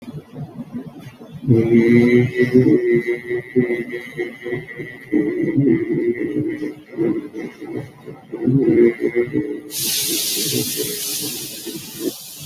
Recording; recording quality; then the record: sustained vowel as in beet; moderate, slight background noise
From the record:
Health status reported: healthy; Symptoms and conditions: none ticked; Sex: male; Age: 50 years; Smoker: not ticked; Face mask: not worn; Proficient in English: yes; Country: India